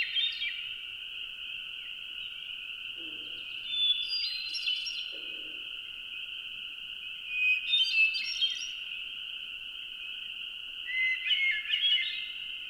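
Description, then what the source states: Spring Peeper chorus: a dense, continuous high peeping blur throughout, with fluty bird song phrases over it at intervals. Distant chorus in the background, at dusk in early June, Adirondack Mountains, upstate New York, behind a singing hermit thrush.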